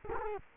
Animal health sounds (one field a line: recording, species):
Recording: mosquito wingbeat signal from an infrared sensor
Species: Culex quinquefasciatus